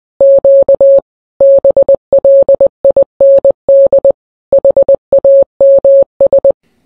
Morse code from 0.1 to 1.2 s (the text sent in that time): Q